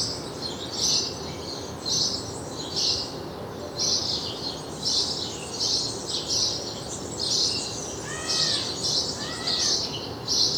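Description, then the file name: House sparrow chirps, short bright notes repeated in a steady series, with a few lower calls near the end over steady background hiss. "Passer domesticus"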